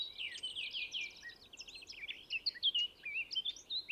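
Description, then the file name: Eurasian blackcap warbling, a fast, varied stream of high chirps and twittering notes with short pauses. "Sylvia atricapilla"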